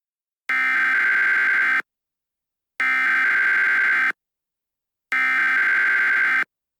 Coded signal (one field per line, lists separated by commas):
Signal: Emergency Alert System (SAME) tones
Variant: header bursts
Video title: EAS Scenario - Infectious Smile: Smile-22 pandemic